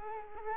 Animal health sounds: mosquito wingbeat signal from an infrared sensor; Culex quinquefasciatus

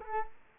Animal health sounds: mosquito wingbeat signal from an infrared sensor; Culex quinquefasciatus

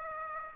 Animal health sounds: mosquito wingbeat signal from an infrared sensor; Aedes aegypti

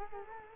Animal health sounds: mosquito wingbeat signal from an infrared sensor; Culex quinquefasciatus

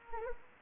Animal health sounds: mosquito wingbeat signal from an infrared sensor; Anopheles gambiae

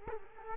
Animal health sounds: mosquito wingbeat signal from an infrared sensor; Culex quinquefasciatus

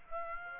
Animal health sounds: mosquito wingbeat signal from an infrared sensor; Aedes aegypti

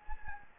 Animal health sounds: mosquito wingbeat signal from an infrared sensor; Anopheles gambiae

